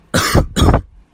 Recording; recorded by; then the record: voluntary cough; messaging app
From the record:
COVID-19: negative